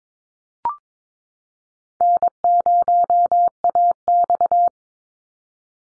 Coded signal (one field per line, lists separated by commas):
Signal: Morse code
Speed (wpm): 22 wpm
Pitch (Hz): 700 Hz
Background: none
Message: N0AX